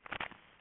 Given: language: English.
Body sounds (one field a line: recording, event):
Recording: throat vibration sensor signal played as sound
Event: swallow